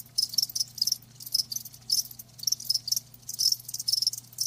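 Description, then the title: Cricket chirps come in quick high pulsed bursts several times a second, over a faint steady low hum. Live crickets chirping with a lulling song, meant as a sleep sound. "Live Crickets Chirping"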